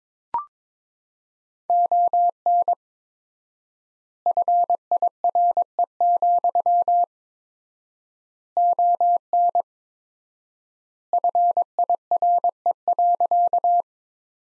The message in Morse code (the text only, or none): ON FIRE, ON FIRE.